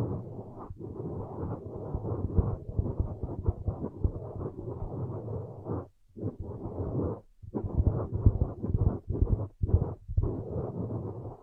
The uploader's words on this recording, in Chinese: 按摩耳朵，一些让人放松的声音。